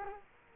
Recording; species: mosquito wingbeat signal from an infrared sensor; Culex quinquefasciatus